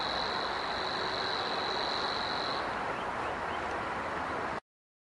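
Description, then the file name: Savi's warbler reeling, a steady high buzzing trill that stops abruptly about halfway through, leaving dense rushing background noise until the recording ends. "Locustella luscinioides"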